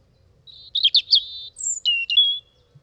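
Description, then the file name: European robin song, a brief phrase of thin high warbled notes and sliding whistles, fast and varied, in otherwise quiet surroundings. "rouge gorge"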